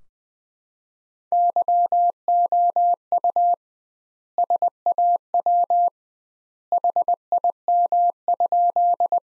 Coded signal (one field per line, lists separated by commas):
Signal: Morse code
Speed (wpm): 20 wpm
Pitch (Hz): 700 Hz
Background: none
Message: YOU SAW HIM?